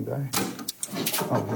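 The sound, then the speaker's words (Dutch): A Chinese typewriter being used to type four characters onto paper: a quick, uneven series of heavy mechanical clacks and sliding, rattling clunks, several sharp bursts in a row over a low hum. “Dat betekent, ik ben aan het typen.”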